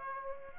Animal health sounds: mosquito wingbeat signal from an infrared sensor; Aedes aegypti

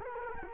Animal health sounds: mosquito wingbeat signal from an infrared sensor; Culex quinquefasciatus

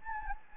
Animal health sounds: mosquito wingbeat signal from an infrared sensor; Anopheles gambiae

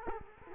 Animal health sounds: mosquito wingbeat signal from an infrared sensor; Culex quinquefasciatus

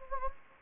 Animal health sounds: mosquito wingbeat signal from an infrared sensor; Anopheles gambiae

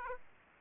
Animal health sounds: mosquito wingbeat signal from an infrared sensor; Aedes aegypti

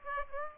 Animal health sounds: mosquito wingbeat signal from an infrared sensor; Aedes aegypti

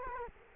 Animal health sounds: mosquito wingbeat signal from an infrared sensor; Culex quinquefasciatus

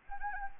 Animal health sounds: mosquito wingbeat signal from an infrared sensor; Anopheles arabiensis

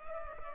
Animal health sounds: mosquito wingbeat signal from an infrared sensor; Culex pipiens

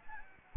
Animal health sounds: mosquito wingbeat signal from an infrared sensor; Aedes albopictus

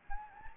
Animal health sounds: mosquito wingbeat signal from an infrared sensor; Anopheles gambiae

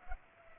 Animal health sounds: mosquito wingbeat signal from an infrared sensor; Culex pipiens

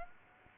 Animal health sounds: mosquito wingbeat signal from an infrared sensor; Aedes aegypti

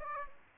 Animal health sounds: mosquito wingbeat signal from an infrared sensor; Aedes aegypti

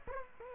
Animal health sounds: mosquito wingbeat signal from an infrared sensor; Aedes aegypti

